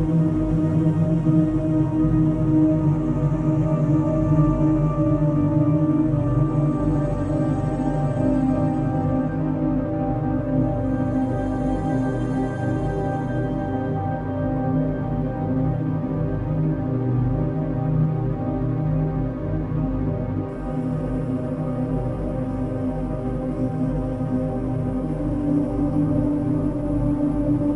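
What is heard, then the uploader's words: Steady, unchanging music of sustained humming tones layered low and mid, with a faint airy hiss above, holding constant throughout. 528 Hz Solar Plexus Healing Frequency Music + Binaural Beats.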